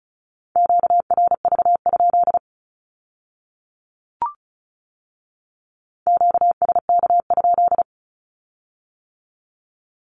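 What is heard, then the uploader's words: Morse code beeps in a steady mid-pitched tone, two bursts of rapid dots and dashes separated by silence and one brief click near four seconds. First, the Q-code is sent in Morse code as either a statement or a question. Finally, it is sent again in Morse code.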